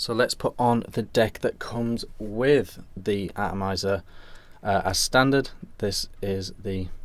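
Someone talks while handling the standard W deck for a SQuape E[motion] TPD Version atomizer by StattQualm, about to press it onto the atomizer base. The W deck has not yet snapped into the atomizer body; nothing has clicked or seated yet.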